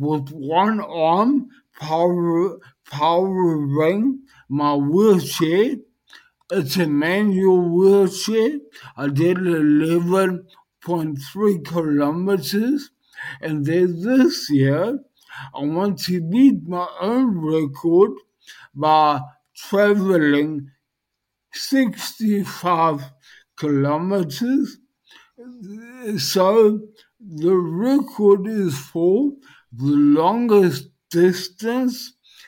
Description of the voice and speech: Living with dysarthria post-stroke.